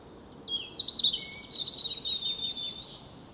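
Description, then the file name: European robin song, a brief sequence of high thin whistles followed by a rapid, rippling trill, with light background noise. "Erithacus rubecula"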